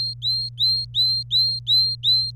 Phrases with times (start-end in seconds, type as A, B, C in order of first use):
0.00-2.31 A